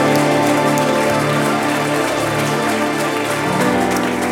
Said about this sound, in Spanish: Puedes dar fuerte tus palmas a Él.